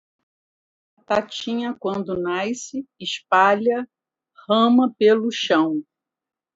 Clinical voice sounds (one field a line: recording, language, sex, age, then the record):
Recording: short text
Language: Brazilian Portuguese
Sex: female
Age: 50 to 59 years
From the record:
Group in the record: control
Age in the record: 54 years